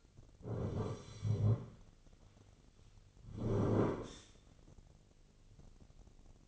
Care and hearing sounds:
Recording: daily activity, microphone in the room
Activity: sit down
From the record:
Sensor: 4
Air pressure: 1010.0 hPa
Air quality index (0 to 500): 186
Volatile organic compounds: 3 ppm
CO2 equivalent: 1345 ppm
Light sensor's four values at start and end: 38/93/39/42 and 38/93/38/41

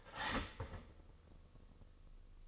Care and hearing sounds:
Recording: daily activity, microphone in the room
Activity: start toaster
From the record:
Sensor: 4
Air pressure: 1008.1 hPa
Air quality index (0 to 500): 107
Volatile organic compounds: 1 ppm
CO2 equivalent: 790 ppm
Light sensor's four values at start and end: 8/18/7/7 and 8/18/7/7

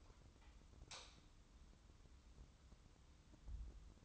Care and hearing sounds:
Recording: daily activity, microphone in the room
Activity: light on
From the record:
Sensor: 3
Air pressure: 994.4 hPa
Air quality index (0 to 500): 211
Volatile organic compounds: 1000 ppm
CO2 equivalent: 7064 ppm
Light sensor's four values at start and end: 171/411/171/167 and 169/409/170/166

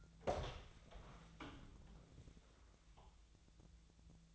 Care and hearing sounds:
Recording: daily activity, microphone in the room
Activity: open door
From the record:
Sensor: 3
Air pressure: 1000.4 hPa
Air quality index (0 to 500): 180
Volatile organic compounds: 4 ppm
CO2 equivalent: 1568 ppm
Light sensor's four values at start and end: 13/31/13/14 and 13/32/13/14

